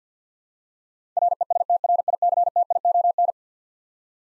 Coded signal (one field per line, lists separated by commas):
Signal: Morse code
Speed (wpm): 50 wpm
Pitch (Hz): 700 Hz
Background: none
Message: RESTRICTION